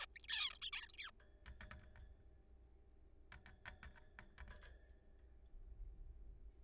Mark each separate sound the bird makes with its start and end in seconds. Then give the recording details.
0.01-0.06, 0.16-0.18, 0.20-0.27, 0.29-0.53, 0.53-0.59, 0.62-0.70, 0.73-0.88, 0.89-0.97, 0.98-1.11. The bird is a juvenile. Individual R3428